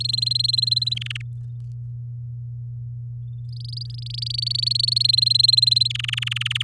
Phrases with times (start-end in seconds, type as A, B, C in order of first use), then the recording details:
0.00-0.94 A, 0.96-1.22 B, 3.49-5.07 C, 5.08-5.88 A, 5.90-6.63 B. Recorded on 7 May 2018 at 09:29. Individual llb16